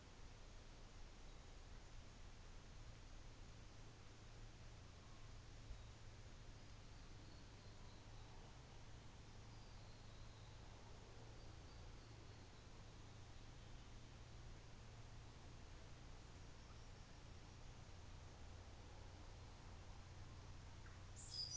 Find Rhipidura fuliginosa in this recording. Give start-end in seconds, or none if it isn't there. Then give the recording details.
none. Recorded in New Zealand on 24 December 2018. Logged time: 14:50